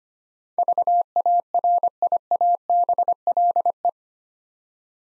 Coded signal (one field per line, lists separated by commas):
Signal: Morse code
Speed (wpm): 25 wpm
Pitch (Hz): 700 Hz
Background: none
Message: VARIABLE